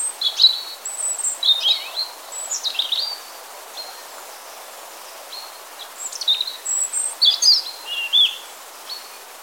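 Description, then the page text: European robin song in scattered high phrases of slurred whistles and quick notes, with a short pause midway. Singing and chirping. "European Robin Singing Chirping Rødstrupe. knut the bird nerd"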